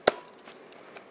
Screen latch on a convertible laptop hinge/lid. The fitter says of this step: then it locks in place